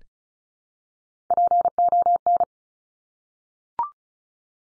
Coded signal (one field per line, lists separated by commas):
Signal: Morse code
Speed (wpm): 35 wpm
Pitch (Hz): 700 Hz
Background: none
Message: PON